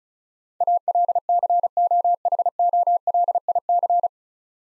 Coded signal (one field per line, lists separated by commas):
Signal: Morse code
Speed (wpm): 34 wpm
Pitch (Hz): 700 Hz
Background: none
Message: ALCOHOLIC